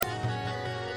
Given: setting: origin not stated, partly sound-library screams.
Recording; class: one-second piece from a danger detection set; normal situation